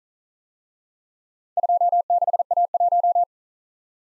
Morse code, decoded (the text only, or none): 26A1